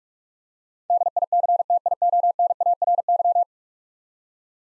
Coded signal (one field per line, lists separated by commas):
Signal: Morse code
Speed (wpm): 46 wpm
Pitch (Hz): 700 Hz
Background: none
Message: DICTIONARY